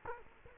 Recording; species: mosquito wingbeat signal from an infrared sensor; Culex quinquefasciatus